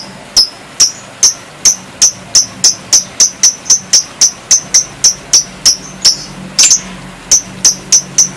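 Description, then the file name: Lovebird giving sharp, high chirps repeated steadily about three times a second throughout, with one brief rougher burst near the end. National contest champion lovebird named Si Gempol. "Suara Lovebird Juara Lomba Nasional Si Gempol Juara"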